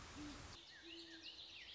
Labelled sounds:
Great Horned Owl
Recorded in Sonoma County, California

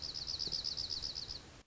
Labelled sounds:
Dark-eyed Junco
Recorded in Sonoma County, California

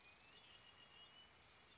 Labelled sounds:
Red-winged Blackbird
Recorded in Sonoma County, California

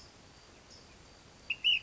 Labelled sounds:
Ash-throated Flycatcher
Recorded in Sonoma County, California

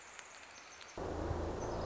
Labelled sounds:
Pacific Wren
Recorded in Sonoma County, California

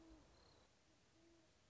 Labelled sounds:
Great Horned Owl
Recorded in Sonoma County, California

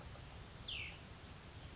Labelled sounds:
Cassin's Vireo
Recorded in Sonoma County, California

